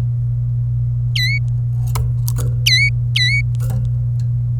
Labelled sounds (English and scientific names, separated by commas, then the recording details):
Domestic Canary (Serinus canaria) song
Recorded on 27 April 2018 at 13:48
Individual llb3